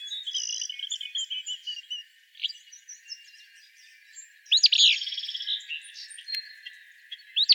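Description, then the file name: Willow flycatcher: sharp, buzzy upslurred notes given a few times, amid thin high chips and twittering. Arizona, 23 May 2008. "WIFL 6 deviche"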